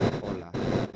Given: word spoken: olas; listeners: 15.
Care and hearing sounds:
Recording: one Spanish word in noise, from a listening test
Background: noise modulated by one talker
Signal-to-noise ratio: -9.0 dB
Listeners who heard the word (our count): 2 of 15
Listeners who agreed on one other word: 12 of 15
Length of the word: 0.56 s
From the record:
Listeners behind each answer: 12, 2, 1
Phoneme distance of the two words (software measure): 7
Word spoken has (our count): 2 syllables, 4 phonemes, stress on syllable 1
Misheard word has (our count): 2 syllables, 3 phonemes, stress on syllable 1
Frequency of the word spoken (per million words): 12.00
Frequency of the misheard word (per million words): 14.99

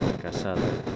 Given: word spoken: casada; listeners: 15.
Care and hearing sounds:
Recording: one Spanish word in noise, from a listening test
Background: noise modulated by three-talker babble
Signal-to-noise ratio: -4.6 dB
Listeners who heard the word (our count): 1 of 15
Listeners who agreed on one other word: 14 of 15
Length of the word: 0.56 s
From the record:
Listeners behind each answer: 14, 1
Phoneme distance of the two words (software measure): 10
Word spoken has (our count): 3 syllables, 6 phonemes, stress on syllable 2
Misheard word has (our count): 3 syllables, 6 phonemes, stress on syllable 2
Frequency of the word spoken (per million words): 10.99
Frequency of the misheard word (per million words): 21.95

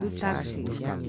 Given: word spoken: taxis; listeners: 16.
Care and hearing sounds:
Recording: one Spanish word in noise, from a listening test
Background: four-talker babble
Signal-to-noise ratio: -2.5 dB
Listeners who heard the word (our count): 0 of 16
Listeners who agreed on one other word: 11 of 16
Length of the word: 0.69 s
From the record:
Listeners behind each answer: 11, 1, 1, 1, 1, 1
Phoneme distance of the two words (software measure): 51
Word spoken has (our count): 2 syllables, 6 phonemes, stress on syllable 1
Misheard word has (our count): 3 syllables, 7 phonemes, stress on syllable 2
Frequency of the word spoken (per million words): 6.36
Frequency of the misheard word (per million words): 0.82

